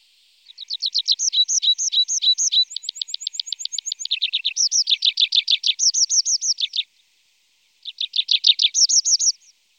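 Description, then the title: Tree pipit song: fast runs of repeated high chirping notes, each run changing pace and pitch, continuous for about six seconds, then a short pause and a further rapid trill. Recorded in Germany, Austria or Switzerland. "Baumpieper"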